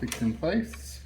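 A gearing piece is being placed at 45 degrees under its notch on an OKI Pro1050 / Pro1040 printer while someone talks over a steady low hum. The part has not yet been pressed home, so nothing has seated or clicked.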